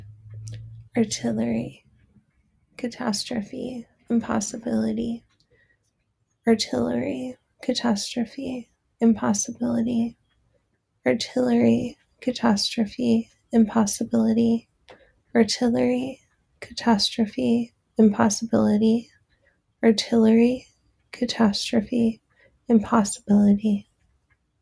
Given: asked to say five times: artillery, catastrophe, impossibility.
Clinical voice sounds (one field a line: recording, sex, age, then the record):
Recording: three words, each repeated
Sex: female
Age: 20 to 29 years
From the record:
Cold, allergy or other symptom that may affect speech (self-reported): no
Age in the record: 28 years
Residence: Illinois, United States